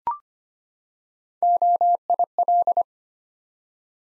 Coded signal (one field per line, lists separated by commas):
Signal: Morse code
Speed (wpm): 25 wpm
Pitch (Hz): 700 Hz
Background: none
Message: OIL